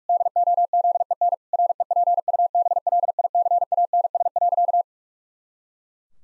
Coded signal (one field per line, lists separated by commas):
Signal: Morse code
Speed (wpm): 46 wpm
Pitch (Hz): 700 Hz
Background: none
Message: DOZEN REPUBLICANS.